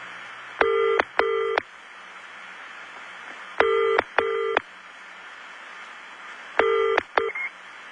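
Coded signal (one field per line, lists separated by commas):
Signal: telephone call progress tone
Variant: UK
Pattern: ringback tone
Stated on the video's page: Vintage 1960s–1980s Bell System and GTE telephone network sounds, including 2600 Hz trunk tones, dial tones and busy signals.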